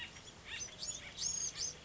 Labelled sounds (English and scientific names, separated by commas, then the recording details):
Acorn Woodpecker (Melanerpes formicivorus)
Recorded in Sonoma County, California